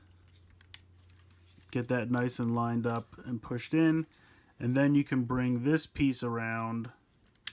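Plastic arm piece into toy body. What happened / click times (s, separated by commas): Parts handled and pushed together, no seating click yet / none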